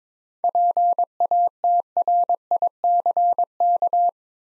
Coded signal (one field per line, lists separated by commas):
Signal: Morse code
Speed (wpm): 21 wpm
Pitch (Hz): 700 Hz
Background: none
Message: PATRICK